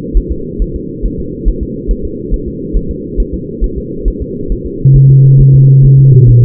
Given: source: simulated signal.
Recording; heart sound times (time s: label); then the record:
fetal heart sounds
0.17 s: S1
0.32 s: S2
0.62 s: S1
0.76 s: S2
1.06 s: S1
1.20 s: S2
1.48 s: S1
1.63 s: S2
1.91 s: S1
2.05 s: S2
2.34 s: S1
2.48 s: S2
2.77 s: S1
2.91 s: S2
3.20 s: S1
3.34 s: S2
3.64 s: S1
3.78 s: S2
4.08 s: S1
4.22 s: S2
4.52 s: S1
4.66 s: S2
4.96 s: S1
5.11 s: S2
5.41 s: S1
5.55 s: S2
5.85 s: S1
5.99 s: S2
6.29 s: S1
6.44 s: S2
From the record:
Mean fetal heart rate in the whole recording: 135 bpm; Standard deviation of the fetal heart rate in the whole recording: 3 bpm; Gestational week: 36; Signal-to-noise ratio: -6.6 dB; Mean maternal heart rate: 72 bpm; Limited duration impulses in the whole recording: present